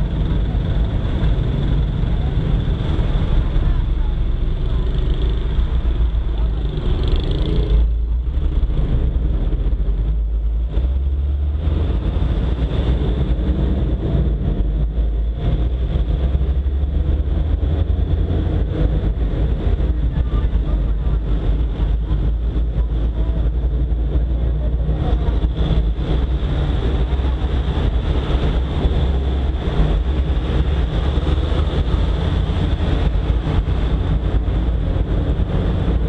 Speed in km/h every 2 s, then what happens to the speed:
2, 2, 2, 2, 6, 13, 15, 18, 19, 19, 23, 27, 28, 29, 29, 33, 33, 33.
0-6 standing. 6-22 pulls away to 27. 22-36 steady at about 29.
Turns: none.